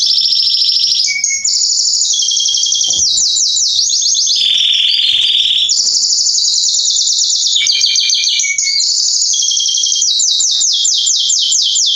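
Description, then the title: Canary song, continuous loud rolling trills changing pitch from section to section, with a lower warbled passage midway and fast repeated sweeps at the end. Male Belgian canary singing a lot, used to warm up young canaries; named Canário Pastinha. "Esquente Seu Filhote E Canario Belga Em 30 Minutos Macho Cantando Muito. Esquente seu canrio belga em 30 minutos - Canrio Pastinha cantando"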